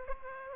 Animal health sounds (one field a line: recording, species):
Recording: mosquito wingbeat signal from an infrared sensor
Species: Aedes aegypti